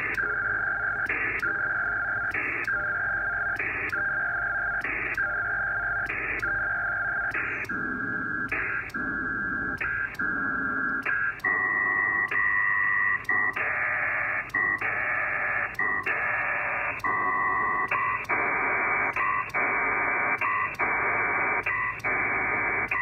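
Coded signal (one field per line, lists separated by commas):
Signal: HF data modem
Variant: PACTOR 4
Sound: continuous wide buzzing data hiss with steady tones, broken by brief regular dropouts about every second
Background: radio static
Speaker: let's try it now [Applause] [Applause] a [Applause] bands are really bad today really bad I'm only at 600 BPS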